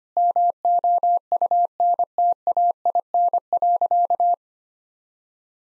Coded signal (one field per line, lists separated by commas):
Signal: Morse code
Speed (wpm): 25 wpm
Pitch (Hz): 700 Hz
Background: none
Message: MOUNTAIN.